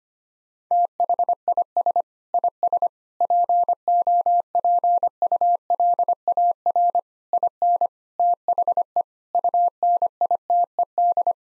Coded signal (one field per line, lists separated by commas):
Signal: Morse code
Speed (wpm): 25 wpm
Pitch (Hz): 700 Hz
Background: none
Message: THIS IS POPULAR IN THE UNITED